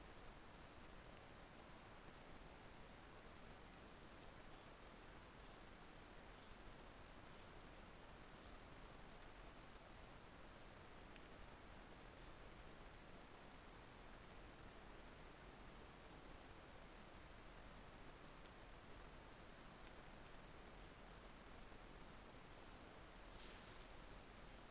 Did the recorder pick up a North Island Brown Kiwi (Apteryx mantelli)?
no